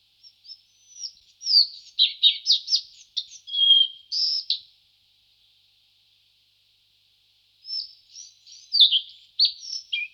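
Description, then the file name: Collared flycatcher song: two bursts of high, varied squeaky notes and short trills, the second phrase starting after a few seconds of silence. "Lejsek belokrky Ficedula albicollis"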